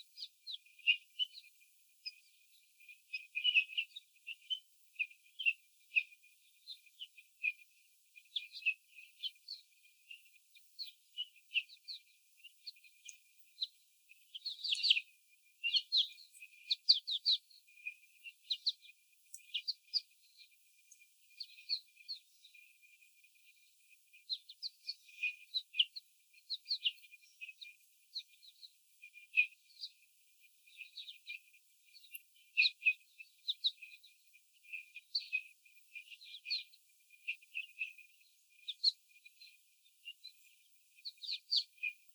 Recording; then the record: young laying hens in a cage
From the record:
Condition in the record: before the stressor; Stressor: sudden umbrella opening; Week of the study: 3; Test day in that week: 2